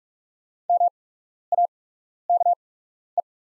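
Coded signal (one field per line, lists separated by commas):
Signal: Morse code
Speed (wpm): 44 wpm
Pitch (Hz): 700 Hz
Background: none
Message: MAKE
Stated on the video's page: Practice set of top 500 words at 45 wpm with 8x character spacing, Farnsworth timing for learners.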